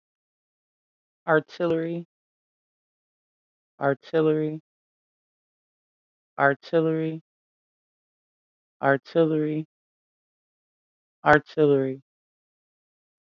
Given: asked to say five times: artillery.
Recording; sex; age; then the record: repeated word; female; 30 to 39 years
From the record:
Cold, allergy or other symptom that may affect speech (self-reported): no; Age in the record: 36 years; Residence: Michigan, United States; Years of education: 12